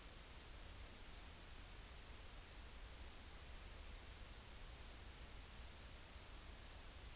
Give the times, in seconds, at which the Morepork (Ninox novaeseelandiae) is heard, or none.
none